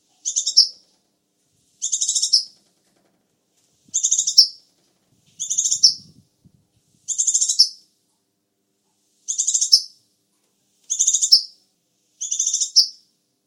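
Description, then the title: Sunbird song: eight high, buzzy chirp bursts, each under a second, repeated at intervals against a quiet background. "kicau kolibri"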